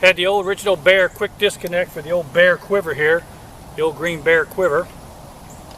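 Someone talks while handling an old green Bear bow quiver at its original Bear quick-disconnect mount on a vintage 1984 Bear Whitetail Hunter compound bow. The voice comes in short bursts over a quiet background, and the quiver has not yet seated or clicked into place.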